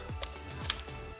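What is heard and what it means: A plastic wiring harness connector is snapped onto an ignition coil that has been pushed fully into the valve cover of a BMW E46 (325i, 328i, 330i, 325ci, 328ci, 330ci) during a valve cover gasket replacement to fix an oil leak. A light tick at 0.2 s comes before a sharp, bright click at 0.7 s, followed by a smaller click at 0.8 s. The connector seats on the coil at 0.7 s.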